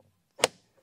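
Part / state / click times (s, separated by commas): tool-holder mount latching onto a modular tool-storage wall panel / seated / 0.4 s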